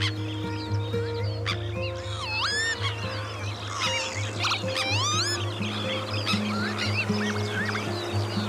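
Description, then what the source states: Northern Lapwing peewit calls: several swooping, wheezy, slurred notes, some overlapping, over other background sounds and a continuous low droning hum. Traditionally called green plover or peewit; the name peewit comes from this call; plentiful across Irish farmland fields.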